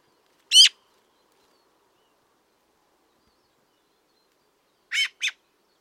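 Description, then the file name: Eurasian magpie calling: one harsh, rasping note, then after about four seconds a quick pair of chattering notes, with quiet in between. "Pica pica"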